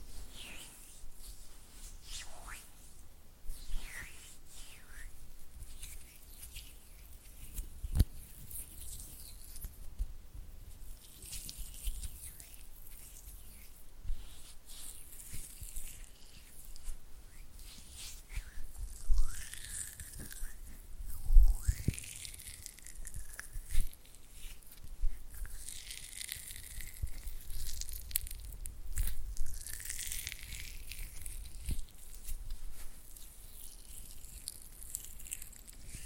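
Oily hand and fluttering finger sounds: soft, slick squelches and rustles fill the whole stretch with a constant faint hiss. Quick finger flutters and sharp little taps break through irregularly, clustering more densely after about twenty seconds, with low thumps underneath.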